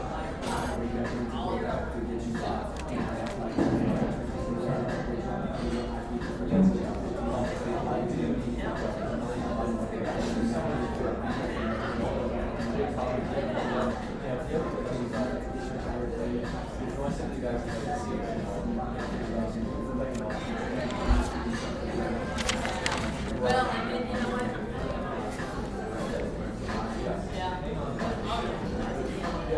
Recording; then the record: background sound without coughing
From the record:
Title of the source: 60 minutes of coffee shop sounds for study and concentration